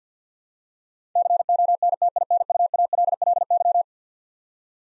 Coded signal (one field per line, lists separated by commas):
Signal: Morse code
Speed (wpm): 49 wpm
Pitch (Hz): 700 Hz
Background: none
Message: CONTINUALLY